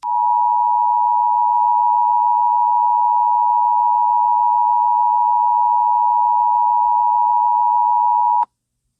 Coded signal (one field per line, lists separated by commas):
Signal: Emergency Alert System (SAME) tones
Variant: 853 and 960 Hz attention tone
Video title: Emergency Alert System Scenario: The End of the World